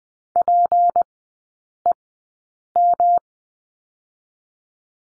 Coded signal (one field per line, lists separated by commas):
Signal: Morse code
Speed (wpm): 20 wpm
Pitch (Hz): 700 Hz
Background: none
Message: PEM